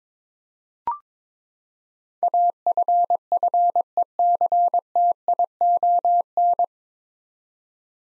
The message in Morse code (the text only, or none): AFFECTION